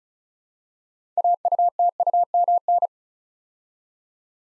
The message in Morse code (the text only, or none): AUTUMN